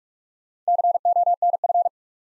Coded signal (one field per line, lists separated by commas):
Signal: Morse code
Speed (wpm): 44 wpm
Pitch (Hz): 700 Hz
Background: none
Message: CONF